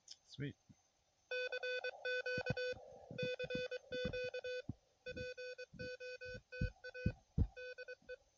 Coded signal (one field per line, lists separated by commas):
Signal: Morse code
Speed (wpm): 23 wpm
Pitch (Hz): 500 Hz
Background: speech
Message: CQ CQ POTA DE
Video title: QRP CW POTA